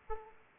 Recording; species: mosquito wingbeat signal from an infrared sensor; Aedes aegypti